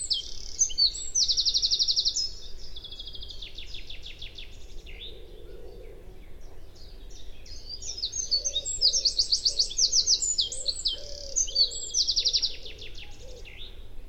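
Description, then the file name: Eurasian wren singing loud, hurried phrases of piercing high notes and fast trills, in two main bouts with a quieter stretch between. "Troglodytes troglodytes"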